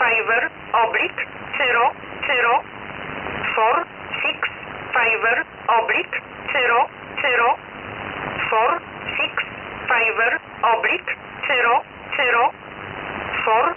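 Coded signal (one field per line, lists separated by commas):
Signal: numbers station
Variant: E11 Oblique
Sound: a voice reading short single words at an even, steady pace through shortwave noise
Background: radio static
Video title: E11 Oblique 29/08/2023 1205 UTC 6304kHz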